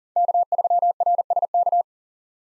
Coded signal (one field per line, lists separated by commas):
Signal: Morse code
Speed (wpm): 40 wpm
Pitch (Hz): 700 Hz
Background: none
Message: K3RSK